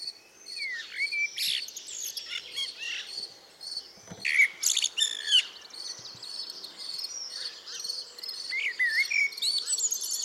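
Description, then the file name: Common blackbird song of mellow whistled notes and scratchy high twitters, delivered in uneven bursts, with a cricket chorus underneath. "Turdus merula"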